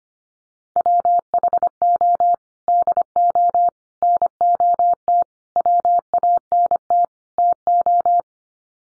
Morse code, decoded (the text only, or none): WHO DO NOT WANT TO